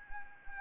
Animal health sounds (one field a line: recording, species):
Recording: mosquito wingbeat signal from an infrared sensor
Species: Anopheles arabiensis